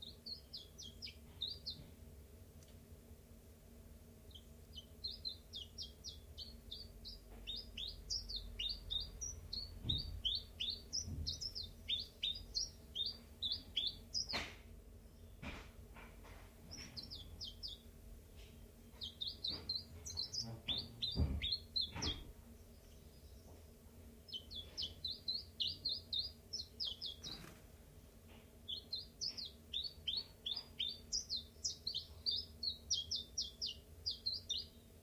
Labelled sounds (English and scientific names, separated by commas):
Common Chiffchaff (Phylloscopus collybita)